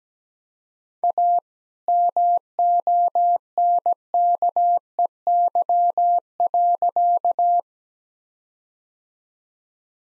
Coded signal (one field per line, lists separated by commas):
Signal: Morse code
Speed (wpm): 17 wpm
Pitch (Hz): 700 Hz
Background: none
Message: A MONKEY.